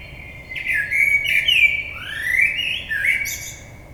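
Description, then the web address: Common blackbird singing two rich, warbled flute-like phrases in succession, the second sliding upward, with thin high squeaky notes at the end. Recorded on 22 May 2022. "oiseaux Merle 2022 05 22"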